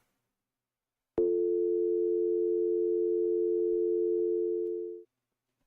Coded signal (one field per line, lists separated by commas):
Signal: telephone call progress tone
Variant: North America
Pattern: dial tone